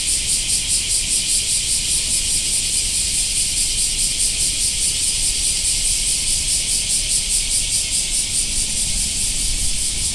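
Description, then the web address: Cicada buzzing: a dense, shrill, continuous hiss with a fast pulsing throb that runs without a break throughout. "sound nature cicadas"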